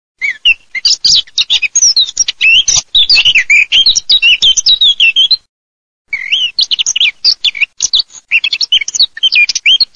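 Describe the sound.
Eurasian blackcap: dense, fast, high chattering and warbling notes running for about five seconds, a short silent gap, then the rapid jumble resumes.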